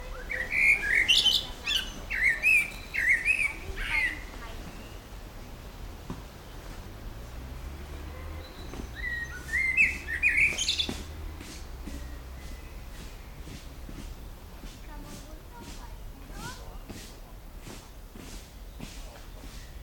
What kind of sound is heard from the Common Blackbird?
song